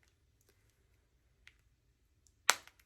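A plastic twist-lock pump head on a cosmetic serum bottle has its locking collar turned to unlock it. Faint small clicks and light handling lead to a loud, sharp snap at 2.5 s as the pump snaps unlocked and is released, followed by a couple of softer ticks.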